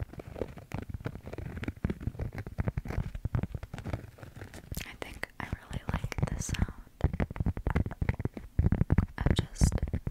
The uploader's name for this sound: ASMR Wooden And Cork Triggers (tapping & scratching)